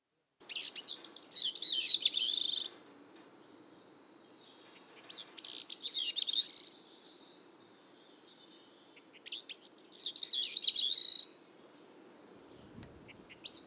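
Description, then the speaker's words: Bicknell's Thrush: three thin, high, ringing songs separated by pauses. Song opens with 2–3 soft plucking notes, then ringing downward-slurred phrases like a veery; the third phrase usually rises in pitch and intensity; thin, nasal, flute-like quality; songs vary in volume and duration. "The Bicknell's thrush song is introduced by 2 to 3 soft plucking notes, followed by vibrant, ringing phrases that slur downward in a manner somewhat reminiscent of the veery."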